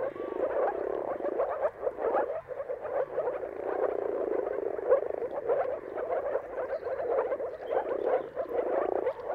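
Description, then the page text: Moor frog mating calls merge into a constant low, gurgling chorus of many overlapping short notes, swelling and dipping slightly. Mating chorus of moor frogs at sunrise, at the turn of March and April depending on the weather. "Jakub-Orzecki moor frogs. Dawn’s Chorus: Mating Calls of Marsh Frogs at Sunrise. Depending on the weather at the turn of March and April, you can witness an amazing spectacle of moor frogs"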